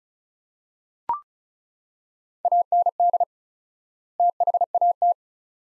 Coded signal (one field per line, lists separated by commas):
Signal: Morse code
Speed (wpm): 36 wpm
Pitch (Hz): 700 Hz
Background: none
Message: AND THAT